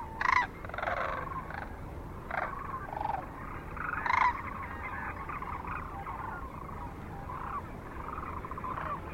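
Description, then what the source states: Sandhill crane giving loud, rattling, trumpeted calls, several clear bursts in the first half, over a steady background chorus of more cranes. Recorded at Kearney, Nebraska, USA, on 9 March 2004, with other species also present.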